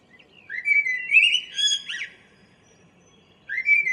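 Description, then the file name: Common blackbird song: a low fluty warbled phrase ending in a thin high twitter, then a new phrase starting after a short pause. "Turdus merula"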